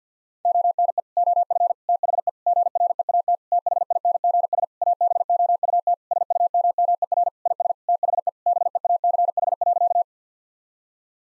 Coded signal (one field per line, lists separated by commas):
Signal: Morse code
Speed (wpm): 50 wpm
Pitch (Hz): 700 Hz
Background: none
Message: ONE OF THE GREAT THINGS ABOUT SUMMER IS THE BEACH.